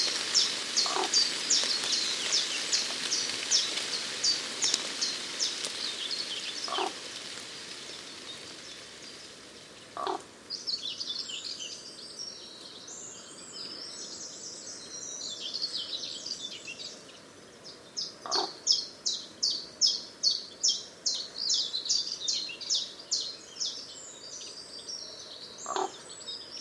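A summer field recording at Badbury Rings, Dorset, filled with shrill, rapidly pulsing chirrs in repeated bursts that shift pattern around ten and eighteen seconds. Short, sharp ticks cut in every few seconds over a faint, low background hiss.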